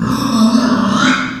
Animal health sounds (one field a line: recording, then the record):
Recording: squeal of a Yucatan mini pig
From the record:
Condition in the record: after surgery on the right vocal fold (resection and tissue-engineered implant)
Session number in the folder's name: 12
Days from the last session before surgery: 105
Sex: female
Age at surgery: 19 weeks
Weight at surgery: 25 kg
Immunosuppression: prednisolone